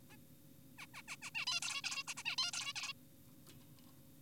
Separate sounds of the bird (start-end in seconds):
0.10-0.16, 0.78-0.86, 0.94-1.02, 1.08-1.16, 1.22-1.30, 1.35-1.45, 1.47-1.60, 1.62-1.82, 1.84-2.03, 2.08-2.14, 2.17-2.23, 2.26-2.36, 2.38-2.52, 2.54-2.73, 2.76-2.93